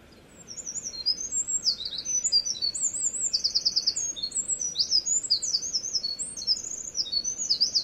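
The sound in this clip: Wren song: a loud, rapid cascade of high twittering notes and buzzy trills continuing for over seven seconds without a pause.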